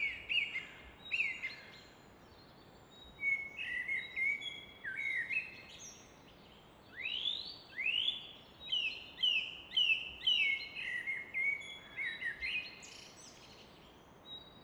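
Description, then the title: Common nightingale song with rich, varied phrases: upswept whistles, repeated chirping notes and short trills delivered in bursts, backed by a continuous rushing river. Evening song in Fläsch, Switzerland; the rushing of the Rhine in the background is reflected off a rock face; recorded with a Fostex FR2 recorder and MKH 800 microphone. "Fläsch, Schweiz - Abendstimmung Nachtigall"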